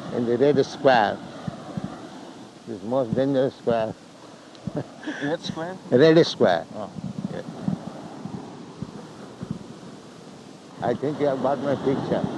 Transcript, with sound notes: in the Red Square, the most dangerous square... [chuckles]
What square?
Red Square. Yes. I think you have got my picture.